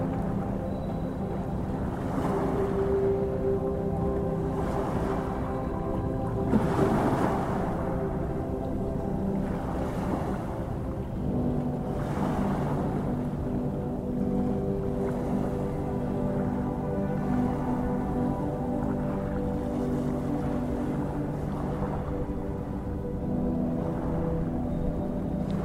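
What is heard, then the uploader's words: Slow sleep music holds sustained low, layered tones that barely change throughout. Ocean waves rise and fall over it about every five seconds, each swell adding a soft, airy wash before fading. The overall level stays even, with one slightly stronger surge near seven seconds. Eight hours of soothing sleep music and calming ocean waves. From gentle symphonic melodies to the rhythmic crashing of waves on the shore.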